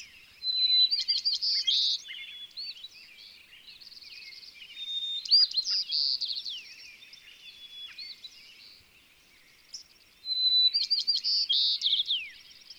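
White-crowned sparrow singing three songs, each a high whistle followed by buzzy, stuttered trills, with quieter twittering between them.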